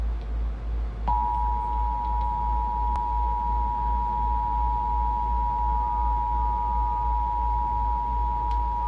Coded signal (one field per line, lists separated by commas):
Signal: Emergency Alert System (SAME) tones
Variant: 853 and 960 Hz attention tone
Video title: KASN-TV EAS 5-6-2018